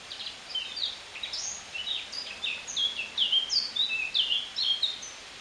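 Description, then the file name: Eurasian blackcap singing a rich, fast warble of short slurred notes, some rising, some falling, flowing continuously with little pause. "Sylvia atricapilla"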